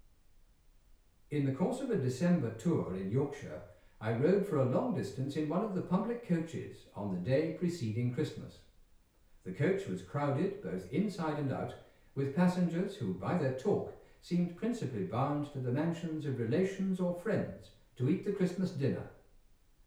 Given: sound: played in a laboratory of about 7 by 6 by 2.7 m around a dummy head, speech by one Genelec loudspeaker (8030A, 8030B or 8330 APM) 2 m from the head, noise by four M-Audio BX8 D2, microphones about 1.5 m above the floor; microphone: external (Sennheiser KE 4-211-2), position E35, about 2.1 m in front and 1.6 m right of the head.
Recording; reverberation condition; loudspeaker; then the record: male speech in English; medium; 150 degrees to the left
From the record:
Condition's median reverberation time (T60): about 510 ms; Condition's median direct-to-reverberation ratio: about -0.5 dB